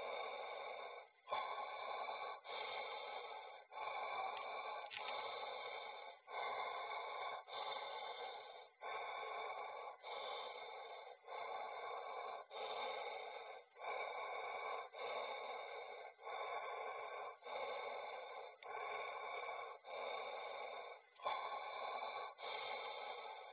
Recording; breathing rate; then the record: paced breathing near a phone; 24 breaths a minute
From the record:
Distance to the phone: 20 cm